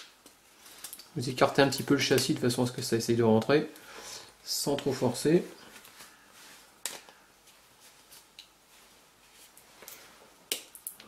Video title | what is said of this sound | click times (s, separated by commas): Remplacement vitre et chassis Samsung G350 Core Plus | voilà on sent les petits clips | 6.9 s, 10.5 s, 10.9 s